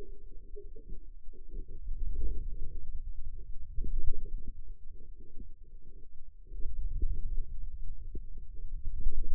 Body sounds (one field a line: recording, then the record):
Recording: forearm muscle sounds (acoustic myography)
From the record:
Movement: wrist extension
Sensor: system 2, bracelet of six BSWA MPA416 microphones around the upper forearm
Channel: 2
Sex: male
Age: 22 years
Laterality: right